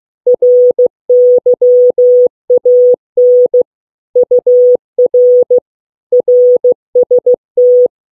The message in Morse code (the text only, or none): RYAN UR RST